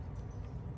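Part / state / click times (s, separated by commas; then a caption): body cover into marker body / not seated / none. A body cover is being fitted back onto the body of an EMF100/MG100/MCS100 paintball/airsoft marker, heard as a steady low rumble of handling noise with no sharp transients. Nothing has seated or clicked yet.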